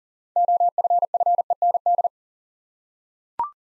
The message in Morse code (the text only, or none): OFFEND